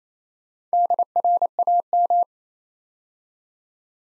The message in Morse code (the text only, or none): DRAM